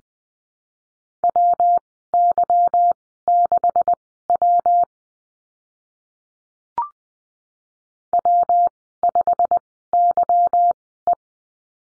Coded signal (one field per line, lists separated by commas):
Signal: Morse code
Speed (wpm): 20 wpm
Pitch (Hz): 700 Hz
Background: none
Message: WY6W W5YE